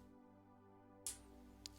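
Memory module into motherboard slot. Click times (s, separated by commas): 1.1 s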